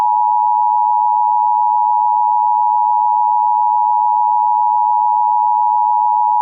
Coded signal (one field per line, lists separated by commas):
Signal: Emergency Alert System (SAME) tones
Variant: 853 and 960 Hz attention tone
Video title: EAS Scenario: SCP-409